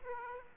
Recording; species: mosquito wingbeat signal from an infrared sensor; Aedes aegypti